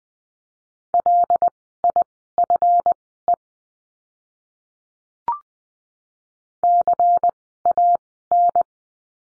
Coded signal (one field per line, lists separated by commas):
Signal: Morse code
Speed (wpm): 19 wpm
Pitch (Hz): 700 Hz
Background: none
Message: LIFE CAN